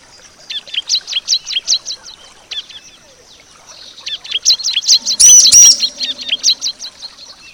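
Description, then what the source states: Bar-winged prinia song: bright high chirps repeated quickly in series, a pause, then more chirping with two loud clipped whistled notes. Nature-therapy recording meant for a ciblek that has stopped singing (macet).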